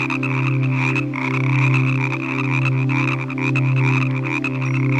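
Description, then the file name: Frogs croaking busily, fast clicking pulses above a steady deep hum and a continuous high ringing chorus. Evening frog chorus from a relaxing nature sounds collection. "Relaxing Nature Sounds Collection - Evening with Frog Music"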